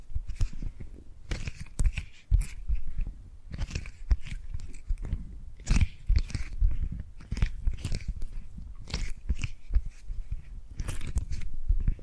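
Tapping and gripping sounds come in uneven clusters, with sharp clicks and crisp, crunchy scratches scattered across the whole twelve seconds. Soft thuds and a dull low rumble sit beneath, and brief pauses separate the busier bursts.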